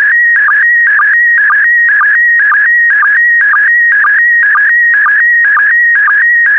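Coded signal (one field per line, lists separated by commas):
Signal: SSTV (slow-scan television)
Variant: PD120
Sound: warbling, buzzing tone with steady stretches, punctuated by quick low chirps about twice a second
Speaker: complete. You can now check your decoded image against the picture that is shown on the video.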